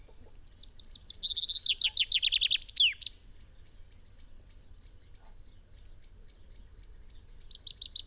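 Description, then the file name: Common chaffinch song: an accelerating, descending cascade of bright notes ending in a sharp flourish near the start; a second phrase begins at the end. "Fringilla coelebs"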